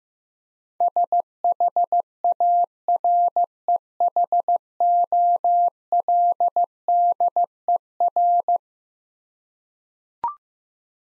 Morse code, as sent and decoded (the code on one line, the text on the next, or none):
... .... .- .-. . .... --- .-.. -.. . .-.
SHAREHOLDER